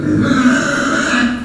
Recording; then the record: squeal of a Yucatan mini pig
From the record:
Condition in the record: after surgery on the right vocal fold (resection and tissue-engineered implant); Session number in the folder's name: 6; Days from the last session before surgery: 40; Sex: female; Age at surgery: 19 weeks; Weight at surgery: 25 kg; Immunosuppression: prednisolone